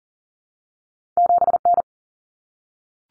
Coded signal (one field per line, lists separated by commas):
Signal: Morse code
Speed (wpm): 40 wpm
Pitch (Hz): 700 Hz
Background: none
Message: 7N